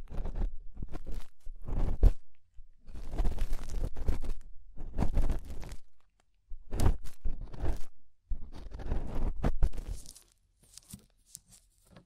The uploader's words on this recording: Inner and Outer Ear Scraping (No Talking).